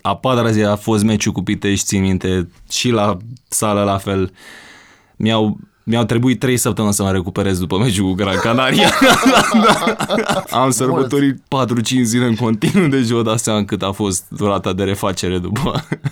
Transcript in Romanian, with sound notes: A patra zi a fost meciul cu Pitești, țin minte – și la sală a fost la fel. Mi-au trebuit trei săptămâni să mă recuperez după meciul cu Gran Canaria. (izbucnește în râs) Am sărbătorit 4-5 zile în continuu deci vă dați seama cât a fost durata de refacere după…